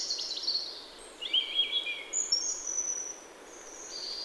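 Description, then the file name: European robin song: slow, thin high whistles and drawn-out notes with short pauses between, fairly soft against a steady hiss. "Erithacus rubecula"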